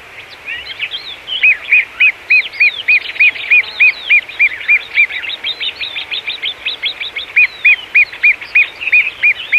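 Great gerbil chirps, short and squeaky, repeated rapidly in two even series over a background of softer, varied twittering calls.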